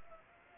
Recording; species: mosquito wingbeat signal from an infrared sensor; Aedes aegypti